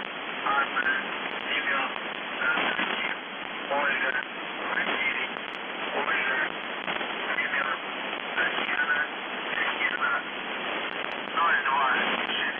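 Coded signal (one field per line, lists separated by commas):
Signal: numbers station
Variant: UVB-76, Russian voice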